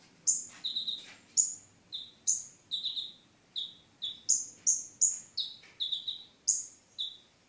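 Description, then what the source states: Oriental magpie-robin singing clear, sharp whistled notes, high strokes followed by lower slurs, delivered in a steady series of short phrases. Chirping.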